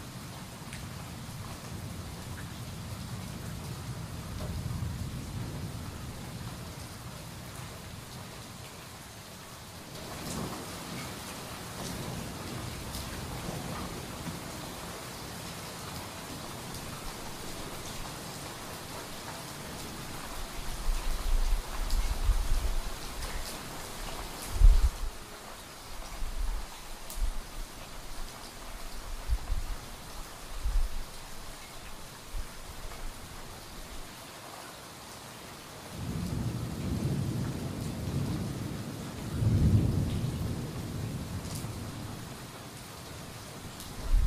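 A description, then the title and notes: Soft rain falls steadily through a thunderstorm, a dense even hiss across the whole clip. Low rumbles of thunder swell at the start, again around 20 to 25 seconds with a sharper crack near 25, and once more near the end. Soft Rainfall for Sleep - White Noise. Let your mind wander to the sound of rain falling during a thunderstorm.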